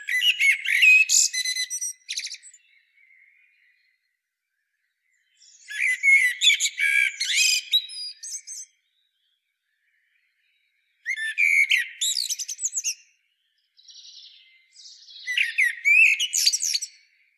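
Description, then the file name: Common blackbird repeating four bursts of scratchy, high twittering phrases with pauses between them. "Turdus merula"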